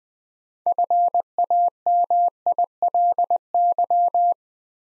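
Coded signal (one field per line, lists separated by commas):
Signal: Morse code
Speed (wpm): 20 wpm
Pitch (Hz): 700 Hz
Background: none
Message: FAMILY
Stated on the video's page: Morse new-word head-copy drill at 20 wpm, words from the top 400 words, each sent, spoken, then sent again.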